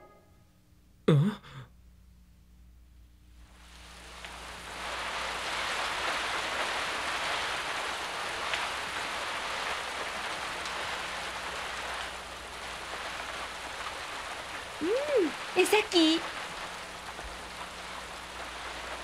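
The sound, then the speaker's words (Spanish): Steady rain falls with a constant broad hiss that fades in after a few seconds and holds evenly throughout. A short spoken question comes before it, and brief voices rise over the rain near the end. “No deja de llover.”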